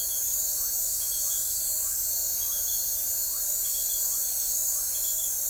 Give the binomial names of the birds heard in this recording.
none